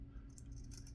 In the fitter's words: here a little click it's in